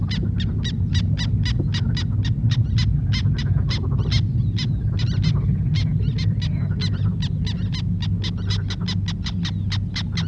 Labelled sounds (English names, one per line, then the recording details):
Black Tern call
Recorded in the wild
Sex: group
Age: diverse
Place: Elblag, Warminsko-Mazurskie, PL
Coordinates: 54.1, 19.4667
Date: 1965-07-08 10:30
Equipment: Grundig TK 4, BG 20/6 - 19 cm/s
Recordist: Schubert, Michael